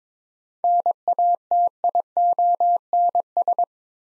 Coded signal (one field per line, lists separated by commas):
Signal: Morse code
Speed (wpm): 21 wpm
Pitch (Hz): 700 Hz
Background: none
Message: NATIONS